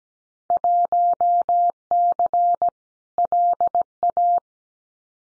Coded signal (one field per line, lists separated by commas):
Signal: Morse code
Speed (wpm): 17 wpm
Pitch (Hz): 700 Hz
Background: none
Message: 1C LA